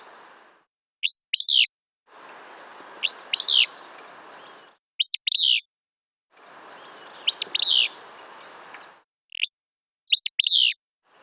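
Willow Flycatcher songs: sharp, buzzy phrases, each clean version followed by the same phrase over a broad hiss.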